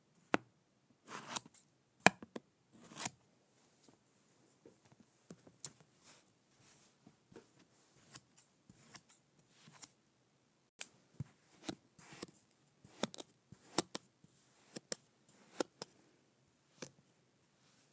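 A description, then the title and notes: Kinetic sand is cut and pressed in a run of short, dry crumbly clicks and scrapes, scattered irregularly across the whole stretch. Some strokes are louder, sharper snaps, a few grainy rustles spread over a second or so, with near silence between. ASMR Cutting up Kinetic Sand.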